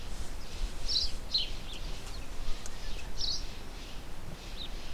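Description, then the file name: House sparrow uttering a handful of brief, bright chirps, spaced irregularly, against a constant low background hum. "Passer domesticus"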